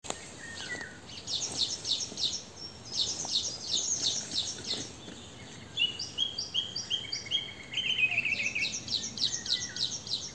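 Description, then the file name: Eurasian wren song in bursts of quick, high twittering notes. "Troglodytes troglodytes"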